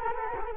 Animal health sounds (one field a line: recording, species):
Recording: mosquito wingbeat signal from an infrared sensor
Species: Culex quinquefasciatus